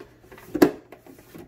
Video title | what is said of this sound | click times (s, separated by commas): Weekly cleaning of fluval 32.5 gallon flex saltwater minni reef tank | it basically just pops right in there like that | 0.6 s